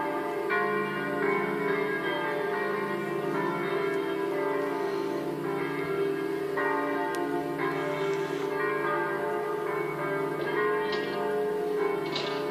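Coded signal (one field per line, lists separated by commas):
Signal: bell signal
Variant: distesa, five swinging bells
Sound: several large church bells swinging and ringing continuously in overlapping peals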